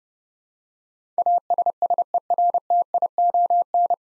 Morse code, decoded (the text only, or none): ASSERTION